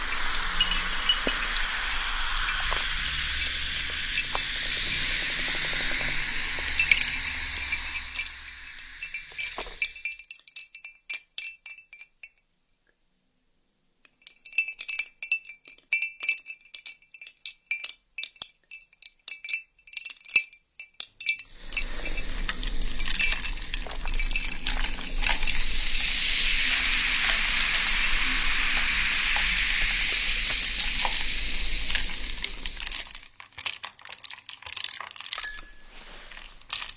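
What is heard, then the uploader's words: Sparkling soda water fizzes in a dense, bright hiss with a steady crackle of tiny bubbles, broken by a low rumble early on. Between about 10 and 21 seconds the fizz thins to faint sparse pops, then returns strongly before dropping again near 33 seconds. The freshness of sparkling soda water.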